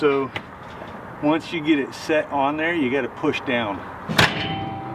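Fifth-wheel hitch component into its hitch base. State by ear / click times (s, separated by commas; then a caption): seated / 4.2 s. Someone talks while pushing down on a metal RV fifth-wheel hitch part that has been set on its hitch base. At 4.2 s the latch snaps into place with a sharp thud and the part is seated, so the pins should line back up.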